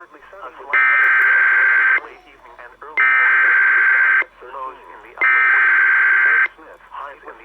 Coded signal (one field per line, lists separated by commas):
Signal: Emergency Alert System (SAME) tones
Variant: header bursts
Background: speech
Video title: EAS 3060 SVR NWS Portland